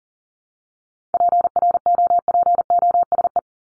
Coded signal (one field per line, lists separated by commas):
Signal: Morse code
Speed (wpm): 40 wpm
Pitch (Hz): 700 Hz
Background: none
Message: PROPOSE